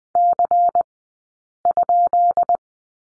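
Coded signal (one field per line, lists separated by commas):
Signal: Morse code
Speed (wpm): 20 wpm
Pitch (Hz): 700 Hz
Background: none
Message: C?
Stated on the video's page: Morse code course lesson on letter Y, Farnsworth spacing at 20/10 wpm.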